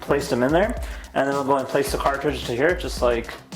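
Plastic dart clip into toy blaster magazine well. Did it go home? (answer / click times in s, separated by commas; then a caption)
no / none. A plastic dart clip loaded with foam darts is handled and brought to the magazine well of a toy foam-dart blaster while someone talks throughout. Nothing has seated or clicked yet; the clip ends just before it goes home.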